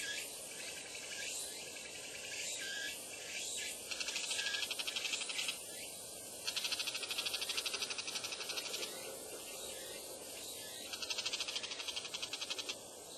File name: bull shrike